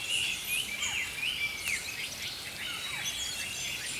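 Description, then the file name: Songbirds in a dense chorus, overlapping high chirps, slurred whistles and downward flicks from many birds, with no pause, against a constant airy hiss. Early morning. "Healing Power Natural Sounds Oasis - Early Morning Songbirds"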